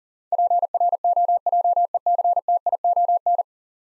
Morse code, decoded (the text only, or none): PROJECTION